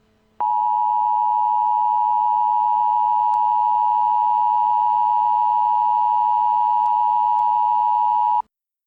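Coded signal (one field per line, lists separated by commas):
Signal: Emergency Alert System (SAME) tones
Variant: 853 and 960 Hz attention tone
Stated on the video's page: Fictional EAS scenario, a simulated alert.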